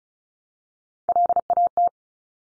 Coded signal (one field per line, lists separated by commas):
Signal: Morse code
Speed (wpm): 36 wpm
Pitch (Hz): 700 Hz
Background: none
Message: LAT